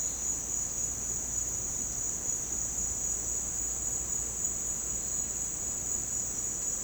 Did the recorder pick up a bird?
no